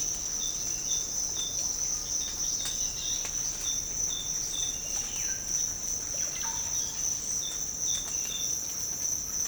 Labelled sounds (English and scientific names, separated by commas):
Russet-backed Oropendola (Psarocolius angustifrons)